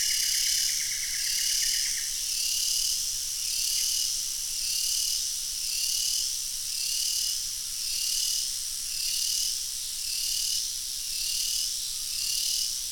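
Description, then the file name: Crickets and cicadas in a high chorus that swells and fades in regular pulses about once a second, with a brief lower trill near the start. Daytime summer chorus of cicadas and crickets together, Australia. "zapsplat animals insects cicada crickets summer day australia"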